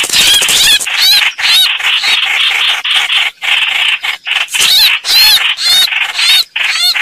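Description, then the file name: Red-whiskered bulbul distress calls: harsh, rasping notes repeated about twice a second, broken by short warbled, wavering squeaks, with no other sounds clear. Calling for help, a distress call. "Tieng trao trao keu cuu"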